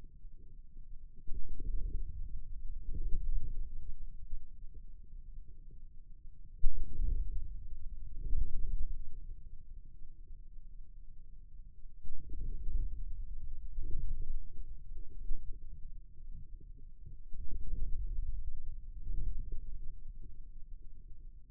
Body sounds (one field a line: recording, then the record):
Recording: forearm muscle sounds (acoustic myography)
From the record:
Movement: inward rotation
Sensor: system 2, bracelet of six BSWA MPA416 microphones around the upper forearm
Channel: 2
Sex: male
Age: 22 years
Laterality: right